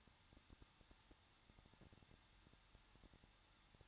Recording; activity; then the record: daily activity, microphone in the room; no activity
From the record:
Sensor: 3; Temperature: 21.2 degrees Celsius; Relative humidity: 36.3%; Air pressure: 1006.3 hPa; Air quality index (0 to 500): 222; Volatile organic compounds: 42 ppm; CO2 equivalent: 3177 ppm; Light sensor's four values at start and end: 2/3/2/2 and 2/3/2/2